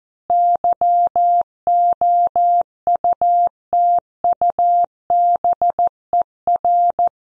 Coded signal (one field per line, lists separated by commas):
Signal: Morse code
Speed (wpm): 14 wpm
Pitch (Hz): 700 Hz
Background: none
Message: YOUTUBER